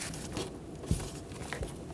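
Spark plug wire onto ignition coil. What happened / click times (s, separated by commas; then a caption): The wire boot snapped onto its terminal / 1.5 s. A spark plug wire on a 2011-2016 Ford F-350 with the 6.2L V8 is lined up with the ignition coil and pressed on until it locks in. A sharp click at 1.5 seconds marks it seating. Soft handling rustles come before it and no one talks.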